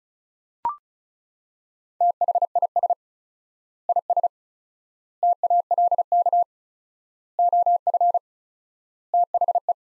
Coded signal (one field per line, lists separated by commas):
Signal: Morse code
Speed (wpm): 34 wpm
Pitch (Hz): 700 Hz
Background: none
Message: THIS IS TALK OF THE